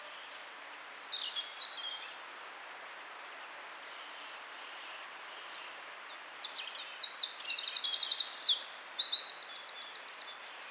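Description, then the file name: Eurasian wren song: a faint burst of high twittering notes early on, then after a quiet gap a loud, fast string of piercing notes and rapid rattling trills to the end. "Troglodytes troglodytes"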